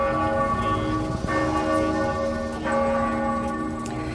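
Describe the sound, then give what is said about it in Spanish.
The church bells of the Basilica of Santa María la Mayor ring continuously to open the Rosary prayer in memory of Pope Francis, their overlapping strikes blending into a dense, sustained wash of metallic tones with steady harmonic hum, loud and unbroken throughout with no voices. “Así sonaban hace poco más de una hora esas campanas de Santa María la Mayor para inaugurar el rezo del Rosario en recuerdo del Papa Francisco, que se ha llevado a cabo en un improvisado altar junto al pórtico.”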